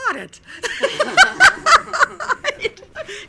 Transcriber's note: they laugh